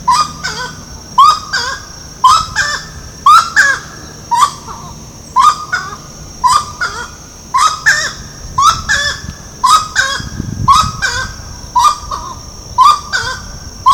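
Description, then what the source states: Grey-cowled wood rail calling, a long series of loud honking notes, often paired, about one a second, with a faint low rumble partway through. Ibirapuera, São Paulo, Brazil, 6 December 2012.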